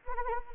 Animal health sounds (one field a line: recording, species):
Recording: mosquito wingbeat signal from an infrared sensor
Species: Anopheles arabiensis